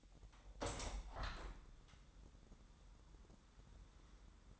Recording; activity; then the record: daily activity, microphone in the room; open window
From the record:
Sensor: 3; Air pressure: 1000.3 hPa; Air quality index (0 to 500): 238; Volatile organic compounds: 134 ppm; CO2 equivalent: 3948 ppm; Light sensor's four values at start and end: 10/23/9/9 and 10/25/10/10